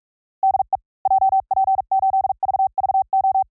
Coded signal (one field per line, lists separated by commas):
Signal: Morse code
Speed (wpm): 44 wpm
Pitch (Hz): 770 Hz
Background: none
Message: DE JP8VVO